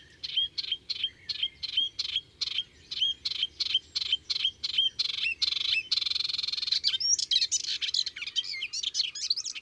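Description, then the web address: Melodious warbler song of repeated harsh chirping notes at a steady pace, breaking into a buzzy rasp and then a hurried, jumbled twittering. Recorded in June. "Juin LHypolais polyglotte. les 4 saisons des chants doiseaux"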